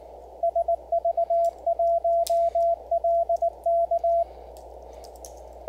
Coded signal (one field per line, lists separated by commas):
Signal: Morse code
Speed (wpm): 19 wpm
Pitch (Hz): 680 Hz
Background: radio noise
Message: SV1LK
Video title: Improving Your CW Speed with Morse Runner